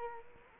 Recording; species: mosquito wingbeat signal from an infrared sensor; Culex quinquefasciatus